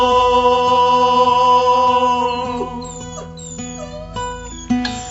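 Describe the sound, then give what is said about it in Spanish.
Dog whimpers and barks are woven into a song: high, gliding whines ride over sustained melodic tones and a steady, bouncy percussion beat, with a sharper accent near the end. “¿Dónde está mi perro?”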